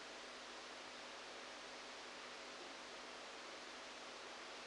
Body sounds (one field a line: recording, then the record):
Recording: brain microelectrode recording played as sound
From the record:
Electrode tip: outside the subthalamic nucleus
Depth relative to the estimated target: -8 mm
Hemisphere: right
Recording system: NeuroSet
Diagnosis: Parkinson's disease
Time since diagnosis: 14 years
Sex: male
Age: 51 years